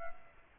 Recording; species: mosquito wingbeat signal from an infrared sensor; Culex quinquefasciatus